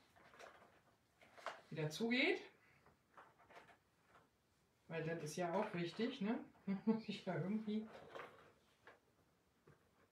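Someone talks while trying to close the lid of a folded gift box, possibly cardboard, so it shuts again, with short handling knocks at about 1.2 s, 1.5 s and 8.9 s. The lid tilts and jams instead of closing because it has got wedged, so the attempt fails and nothing has clicked shut.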